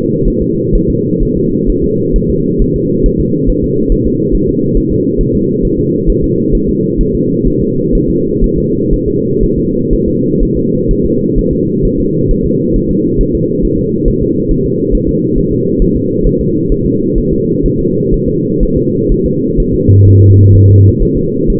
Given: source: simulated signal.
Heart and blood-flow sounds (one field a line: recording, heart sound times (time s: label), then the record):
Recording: fetal heart sounds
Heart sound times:
0.28 s: S1
0.42 s: S2
0.75 s: S1
0.90 s: S2
1.23 s: S1
1.37 s: S2
1.69 s: S1
1.84 s: S2
2.16 s: S1
2.30 s: S2
2.62 s: S1
2.76 s: S2
3.06 s: S1
3.20 s: S2
3.50 s: S1
3.64 s: S2
3.92 s: S1
4.07 s: S2
4.35 s: S1
4.49 s: S2
4.77 s: S1
4.92 s: S2
5.21 s: S1
5.35 s: S2
5.65 s: S1
5.79 s: S2
6.10 s: S1
6.24 s: S2
6.55 s: S1
6.69 s: S2
7.01 s: S1
7.15 s: S2
7.48 s: S1
7.62 s: S2
7.95 s: S1
8.10 s: S2
8.44 s: S1
8.58 s: S2
8.93 s: S1
9.08 s: S2
9.44 s: S1
9.58 s: S2
9.93 s: S1
10.08 s: S2
10.43 s: S1
10.57 s: S2
10.91 s: S1
11.06 s: S2
11.38 s: S1
11.53 s: S2
11.85 s: S1
12.00 s: S2
12.31 s: S1
12.46 s: S2
12.76 s: S1
12.91 s: S2
13.21 s: S1
13.35 s: S2
13.65 s: S1
13.79 s: S2
14.08 s: S1
14.23 s: S2
14.51 s: S1
14.66 s: S2
14.95 s: S1
15.09 s: S2
15.38 s: S1
15.53 s: S2
15.82 s: S1
15.97 s: S2
16.26 s: S1
16.41 s: S2
16.72 s: S1
16.86 s: S2
17.18 s: S1
17.33 s: S2
17.66 s: S1
17.80 s: S2
18.14 s: S1
18.29 s: S2
18.63 s: S1
18.77 s: S2
19.12 s: S1
19.26 s: S2
19.60 s: S1
19.74 s: S2
20.08 s: S1
20.22 s: S2
20.55 s: S1
20.69 s: S2
21.03 s: S1
21.17 s: S2
21.50 s: S1
From the record:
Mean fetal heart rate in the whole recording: 130 bpm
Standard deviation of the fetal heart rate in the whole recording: 4 bpm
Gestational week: 38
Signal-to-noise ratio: -11.2 dB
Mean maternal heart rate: 72 bpm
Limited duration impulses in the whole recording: present